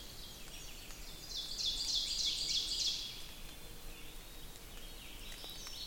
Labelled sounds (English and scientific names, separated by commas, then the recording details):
Ovenbird (Seiurus aurocapilla) song
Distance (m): 55 m
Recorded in boreal forest in Alberta, Canada, on 6 June 2016 at 05:40
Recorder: SongMeter 3, array SBT-3-51
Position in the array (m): 224 m, 22 m
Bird 27